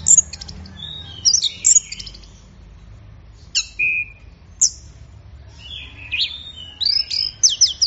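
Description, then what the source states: Orange-headed thrush song in scattered bursts: sharp high chips, clear slurred whistles and quick trills, separated by quiet gaps, building to a busier phrase at the end. Bird in full, intense song (gacor teler), used for training songbirds; Indonesian name anis merah.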